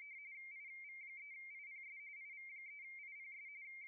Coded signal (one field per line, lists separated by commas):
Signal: RTTY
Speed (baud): 45.45 baud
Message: IV3IPS IV3IPS